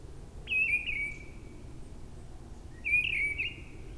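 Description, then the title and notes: Mistle thrush delivering two loud, mellow whistled phrases about two and a half seconds apart, each a short run of fluting notes, with faint low background noise. Singing perched high in a treetop at a forest edge, Brison-Saint-Innocent, France; Sunday, grey weather, 10°C; a quieter moment lets the bird be heard alone. "Brison-Saint-Innocent, France - Grive draine. En lisière de la forêt une grive draine chante haut perchée à la cime d'un arbre, beaucoup de passages d'avions avec l'aéroport proche un dimanche , il y a quand même un moment plus calme pour l'entendre seule, le temps est gris 10°"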